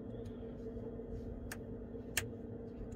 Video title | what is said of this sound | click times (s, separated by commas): Samsung S23 Ultra Not Charging Fix | there you go two clicks is all you need | 1.5 s, 2.2 s